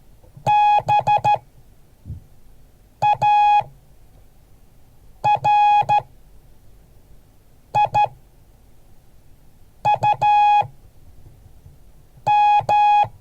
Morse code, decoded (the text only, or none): BARIUM